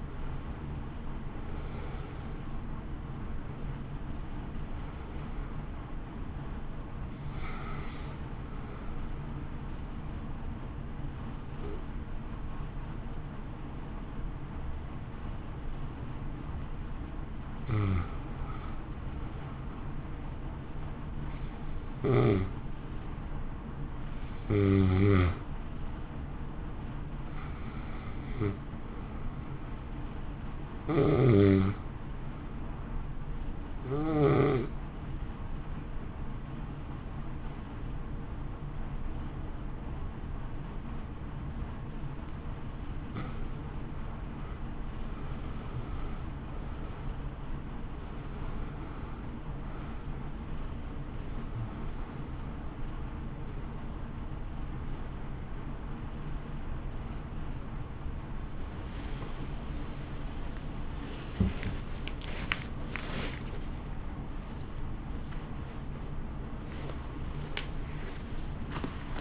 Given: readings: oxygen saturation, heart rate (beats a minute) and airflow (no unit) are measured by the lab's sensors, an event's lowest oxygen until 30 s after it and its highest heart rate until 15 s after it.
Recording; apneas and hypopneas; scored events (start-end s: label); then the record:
breathing in sleep by a smartphone at the bedside; 1
12.00-44.70 s: hypopnea (N1, oxygen 95% highest, then 84% lowest)
18.00-48.00 s: new sleep stage, N2 (light sleep)
48.00-69.21 s: new sleep stage, awake
55.00-69.21 s: awake
From the record:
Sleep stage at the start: N1 (lightest sleep); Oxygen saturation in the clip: 82 to 95%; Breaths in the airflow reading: 21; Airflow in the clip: -2.3 to 1.8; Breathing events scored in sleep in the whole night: 328 in 6.3 hours asleep